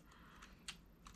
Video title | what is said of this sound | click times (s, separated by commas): Anna Griffin Luxury Icon Purse Card Dies HD 1080p | it will click right into place soon as you find the holes it will click right into place | 0.7 s